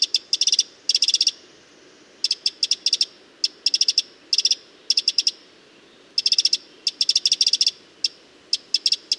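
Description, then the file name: Eurasian wren giving sharp ticking notes in quick rattling groups separated by brief silences. "Troglodytes troglodytes"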